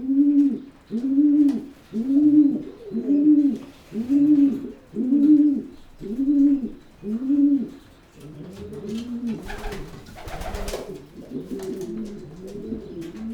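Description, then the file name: Pigeon cooing in a steady series of eight low, rounded coos about one per second, then softer overlapping coos with a few clicks and rustles. "holub"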